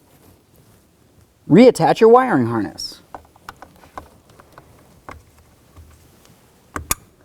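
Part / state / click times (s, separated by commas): wiring harness connector into HVAC blower motor / seated / 6.9 s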